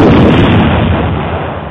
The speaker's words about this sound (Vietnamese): Một tiếng nổ ghê gớm phát ra, tiếp theo nhiều tiếng nổ khác. Tiếng nổ này từ bức tường bên ngoài nhà lao đối diện với khu đề vọng tới.